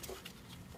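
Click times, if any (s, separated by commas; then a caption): none. A plastic wiring harness electrical connector is being pushed onto the starter solenoid during a starter replacement on a 2003–2008 Toyota Matrix (also Corolla, Vibe); it only fits one way, with its latch on the bottom. Low handling noise is heard, with a short bump at about 0.3 s. Nothing has seated or clicked yet; the connector is handled but not yet home.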